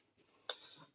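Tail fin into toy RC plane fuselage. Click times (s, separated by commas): 0.5 s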